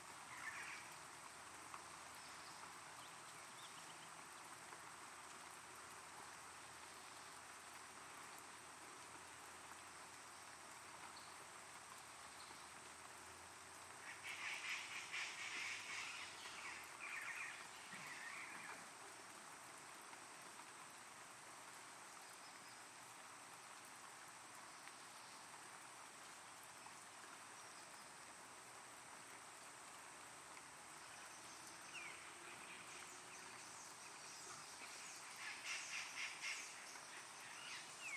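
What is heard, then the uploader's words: Steady light rain patters through the jungle, with brief bursts of bird calls around fifteen seconds and again near the end. Rainy morning in the jungle of Palenque, Chiapas. Tiny drops and early morning birds waking up after three days of heavy raining. Recorded by Erick Ruiz Arellano.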